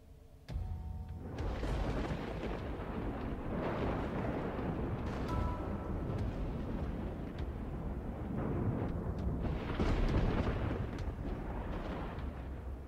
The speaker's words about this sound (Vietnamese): Bỗng nhiên đoàng một tiếng, như là có tiếng bộc phá, một tia sét từ đâu giáng xuống, thẳng xuống trước sân nhà ông Trường.